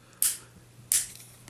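The plastic legs of a Fansproject Warbot Assaulter (Broadside) transforming robot toy are swung outward on a ratcheting hip joint. Two sharp, bright plastic clicks sound at 0.2 s and 0.9 s over a quiet background. The legs seat out two steps, giving clearance for the next transformation step.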